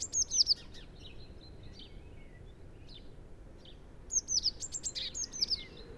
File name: Cyanistes caeruleus